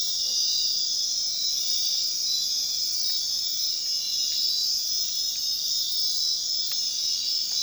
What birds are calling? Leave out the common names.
none